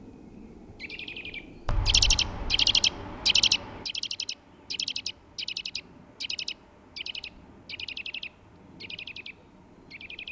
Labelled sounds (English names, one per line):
Eurasian Nuthatch call